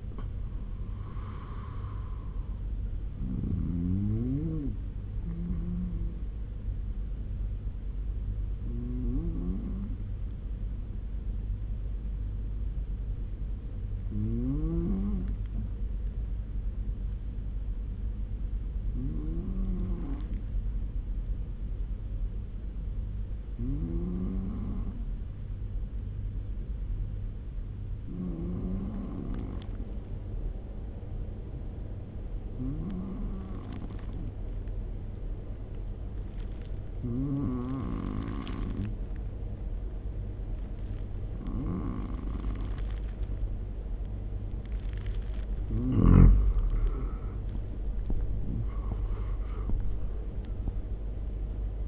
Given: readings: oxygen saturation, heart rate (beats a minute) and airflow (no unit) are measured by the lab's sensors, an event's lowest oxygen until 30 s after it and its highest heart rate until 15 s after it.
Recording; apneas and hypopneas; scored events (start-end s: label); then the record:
breathing in sleep by a smartphone at the bedside; 1
3.00-33.00 s: new sleep stage, N1 (lightest sleep)
10.00-45.10 s: hypopnea (N1, oxygen 97% highest, then 90% lowest, heart rate 73 at the start, 86 highest)
33.00-51.88 s: new sleep stage, N2 (light sleep)
From the record:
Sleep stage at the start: N2 (light sleep); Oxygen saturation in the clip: 92 to 97%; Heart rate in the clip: 69 to 86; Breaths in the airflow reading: 11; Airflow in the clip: -6.4 to 12.4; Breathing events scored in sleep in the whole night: 201 in 6.5 hours asleep